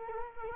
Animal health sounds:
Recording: mosquito wingbeat signal from an infrared sensor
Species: Culex quinquefasciatus

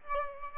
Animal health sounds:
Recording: mosquito wingbeat signal from an infrared sensor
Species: Aedes aegypti

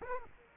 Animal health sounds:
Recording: mosquito wingbeat signal from an infrared sensor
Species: Culex quinquefasciatus

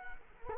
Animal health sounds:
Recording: mosquito wingbeat signal from an infrared sensor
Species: Culex quinquefasciatus

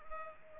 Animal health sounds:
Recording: mosquito wingbeat signal from an infrared sensor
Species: Culex pipiens

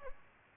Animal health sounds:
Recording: mosquito wingbeat signal from an infrared sensor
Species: Aedes albopictus

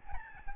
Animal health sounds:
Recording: mosquito wingbeat signal from an infrared sensor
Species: Aedes albopictus

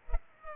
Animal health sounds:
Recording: mosquito wingbeat signal from an infrared sensor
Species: Culex pipiens

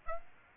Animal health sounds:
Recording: mosquito wingbeat signal from an infrared sensor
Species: Aedes aegypti

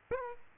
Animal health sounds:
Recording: mosquito wingbeat signal from an infrared sensor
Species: Aedes aegypti

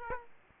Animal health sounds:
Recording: mosquito wingbeat signal from an infrared sensor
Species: Aedes aegypti

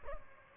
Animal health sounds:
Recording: mosquito wingbeat signal from an infrared sensor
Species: Aedes albopictus

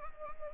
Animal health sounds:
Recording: mosquito wingbeat signal from an infrared sensor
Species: Anopheles arabiensis

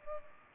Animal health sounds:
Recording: mosquito wingbeat signal from an infrared sensor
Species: Culex pipiens

